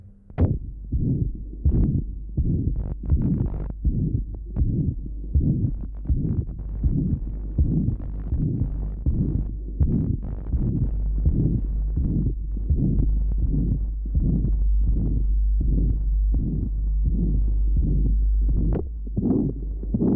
A ventricular septal defect. Recording taken at left sternal edge. Note the pansystolic murmur at this area.